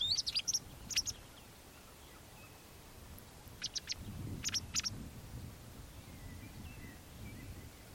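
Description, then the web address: White wagtail calls: brief, sharp, high notes in short bursts at the start and again midway, with quiet gaps between and a faint low rumble beneath. "Deverinetal 2025 File origin Bird Only"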